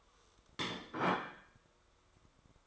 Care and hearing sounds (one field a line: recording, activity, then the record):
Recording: daily activity, microphone in the room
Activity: place plate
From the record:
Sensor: 3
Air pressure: 1004.3 hPa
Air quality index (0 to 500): 197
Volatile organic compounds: 14 ppm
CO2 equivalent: 2465 ppm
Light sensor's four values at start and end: 5/11/4/4 and 5/11/4/4